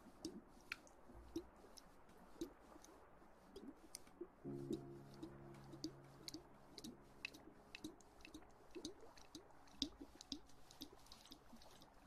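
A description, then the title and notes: Wet ear massage sounds with frequent sharp squishy clicks and drips, plus a low sustained hum from about four to seven seconds. TimASMR- Ear Massage Water Sounds.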